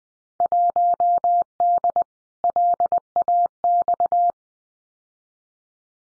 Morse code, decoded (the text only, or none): 1D LAX